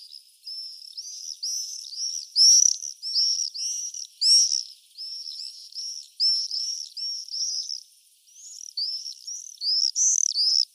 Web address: birdify Apus apus